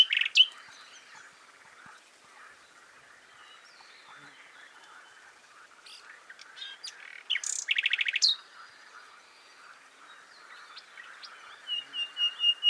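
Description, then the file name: Common nightingale song in sparse, varied bursts: sharp clicks, a loud buzzy rattle, then a series of repeated notes growing louder at the end. "Luscinia megarhynchos"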